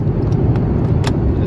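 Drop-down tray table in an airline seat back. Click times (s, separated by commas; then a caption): 1.1 s. A drop-down tray table in an airliner seat back is pulled down and fully extended over a steady low cabin rumble. A small tap comes at 0.6 s, then the tray locks into its extended position with a sharp click at 1.1 s.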